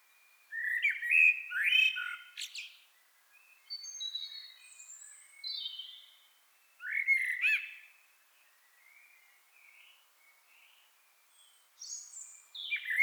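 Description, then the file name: Common blackbird singing several warbled phrases, some ending in thin high twittering, separated by quieter gaps. "Turdus merula"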